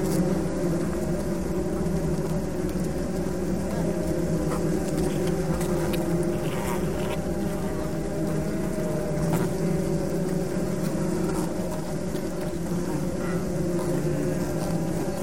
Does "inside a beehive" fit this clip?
yes